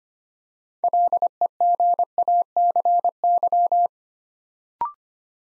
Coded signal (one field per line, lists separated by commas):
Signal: Morse code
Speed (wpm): 25 wpm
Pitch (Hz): 700 Hz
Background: none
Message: LEGACY